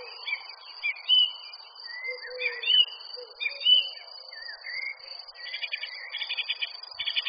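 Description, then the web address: Bird song: sliding whistled phrases and chirps, then rapid repeated ticking notes near the end, over a high steady hiss. Summer garden ambience. "A Son and Heir Media Sounds Amb Bird sounds summer garden"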